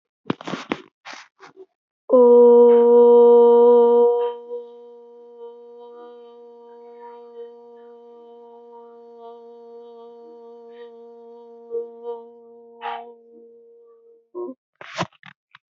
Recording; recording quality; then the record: sustained vowel as in boot; excellent, no background noise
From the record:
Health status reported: healthy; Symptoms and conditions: none ticked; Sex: female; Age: 21 years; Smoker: not ticked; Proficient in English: yes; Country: India